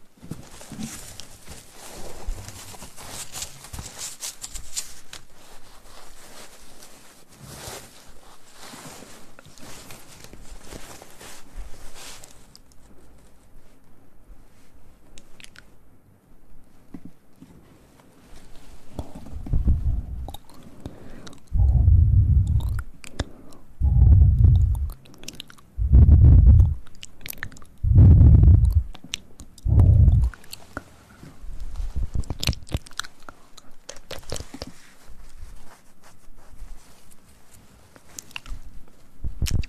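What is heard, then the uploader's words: ASMR mouth sounds and ear play, starting with crisp, brushing rustles and soft clicks that fade out after about twelve seconds into near silence. From around twenty seconds, a run of deep, muffled thumps and squishes arrives in regular bursts every two seconds, then gives way to softer scattered taps. ASMR Mouth Sounds & Ear Play.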